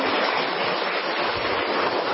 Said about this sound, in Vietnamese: Rồi, một tràng pháo tay thật to để chúc mừng tất cả những anh chị em ấy. To lên.